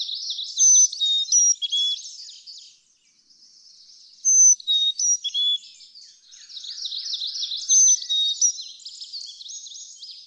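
Carolina chickadee song: three bouts of clear whistles dropping in pitch, amid dense high chattering.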